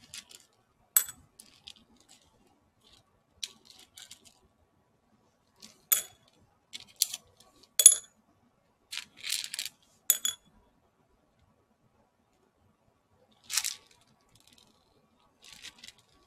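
Hand lock picking: sparse, bright metallic clicks and short scraping rattles, separated by near-silent pauses. Clusters of activity come around the first second, from six to ten seconds, and again near thirteen and fifteen seconds.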